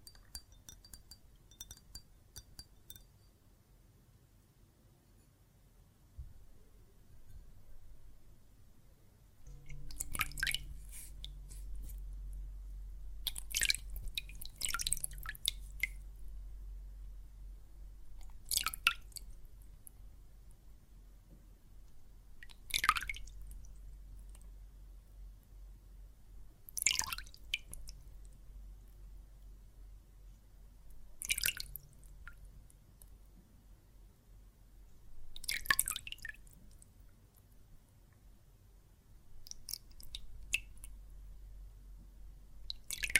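Water and soap foam make wet, squishy sounds in short bright bursts, roughly every four seconds from about ten seconds on. A low steady rumble runs underneath from that point, and the opening seconds are nearly silent apart from faint crackling.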